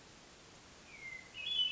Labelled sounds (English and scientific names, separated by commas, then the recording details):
Hermit Thrush (Catharus guttatus)
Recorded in Sonoma County, California